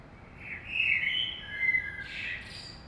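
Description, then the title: Common blackbird song: a mellow, fluting warble wandering up and down, ending in a thin, higher twitter. Saint-Gilles, Belgium; early morning; recorded with a DPA 2006c AB pair into a Zoom F3. "Saint-Gilles, Belgique - Blackbird - Merle"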